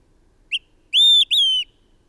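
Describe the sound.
Bird song: a short high chip, then two clear whistled notes, each slightly falling, given in quick succession in a quiet background.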